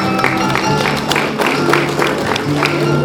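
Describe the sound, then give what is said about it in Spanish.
An audience at a school graduation ceremony claps steadily for a student for about three seconds, a dense, even patter of many hands with scattered sharper claps and faint tonal sounds underneath. “Fuertes los aplausos, por favor.”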